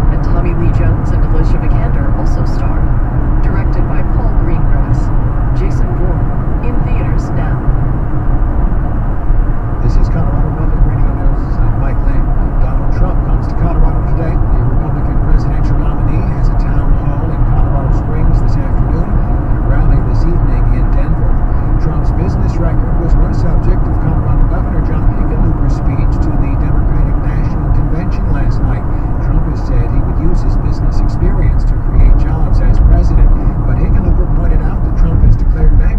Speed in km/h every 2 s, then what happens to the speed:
113, 112, 111, 111, 109, 107, 105, 103, 102, 100, 98, 98, 98, 93, 91, 88, 85, 81.
0-36 slows to 81.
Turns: none.